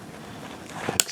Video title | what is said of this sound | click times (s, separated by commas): Husqvarna 371xp cylinder kit install | and that looks like it's in I heard it snap | 1.0 s